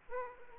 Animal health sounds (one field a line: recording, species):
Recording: mosquito wingbeat signal from an infrared sensor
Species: Aedes aegypti